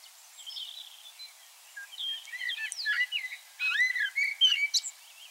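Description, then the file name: Common blackbird singing quick, varied whistled phrases that grow louder, with bent and sliding notes and thin high twitters toward the end. "Turdus merula"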